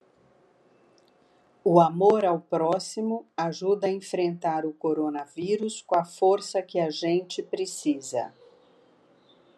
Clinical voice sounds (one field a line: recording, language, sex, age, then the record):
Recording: spoken sentence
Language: Brazilian Portuguese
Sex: female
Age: 60 to 69 years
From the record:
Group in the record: control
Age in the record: 64 years